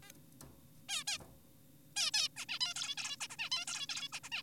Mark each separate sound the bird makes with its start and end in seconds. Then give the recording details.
0.03-0.10, 0.89-1.04, 1.08-1.18, 1.97-2.11, 2.14-2.28, 2.37-2.46, 2.49-2.59, 2.61-2.74, 2.76-2.96, 2.98-3.16, 3.21-3.28, 3.30-3.36, 3.39-3.50, 3.52-3.66, 3.68-3.87, 3.89-4.08, 4.13-4.20, 4.24-4.30, 4.32-4.42. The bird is an adult. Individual g4p5U